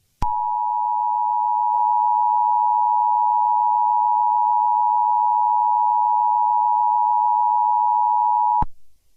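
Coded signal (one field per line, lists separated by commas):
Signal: Emergency Alert System (SAME) tones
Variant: 853 and 960 Hz attention tone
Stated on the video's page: Fictional emergency alert scenario; tones may or may not be valid EAS tones.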